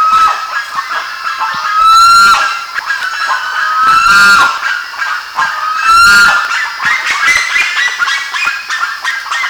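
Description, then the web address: Bird calls, a steady chatter of honking notes with three louder, evenly spaced bursts of harsh cries. "BIRD 2015 SABIOD 50 bird 2015"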